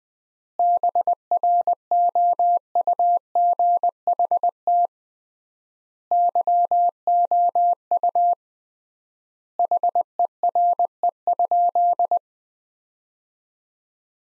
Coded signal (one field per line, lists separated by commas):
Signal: Morse code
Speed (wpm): 20 wpm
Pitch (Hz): 700 Hz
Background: none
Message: BROUGHT YOU HERE?